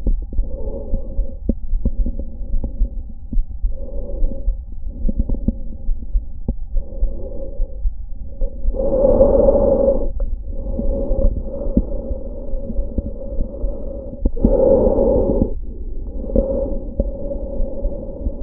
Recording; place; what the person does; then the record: lung sounds by stethoscope; trachea; quiet breathing, then deep breathing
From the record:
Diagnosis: asthma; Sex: female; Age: 66 years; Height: 172 cm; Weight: 76 kg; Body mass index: 25.7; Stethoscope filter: diaphragm mode